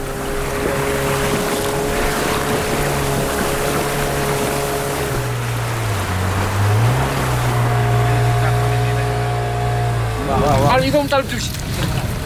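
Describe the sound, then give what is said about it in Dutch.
Engines of small wooden fishing boats on the beaches of Dakar, West Africa, by the Atlantic Ocean, drone steadily and loudly, one motor's low pitch sagging and then climbing again midway, with a wash of wind and surf beneath and a brief splashy burst near the end. “Overal op de stranden van Dakar hoor je de motoren van kleine houten vissersboten.”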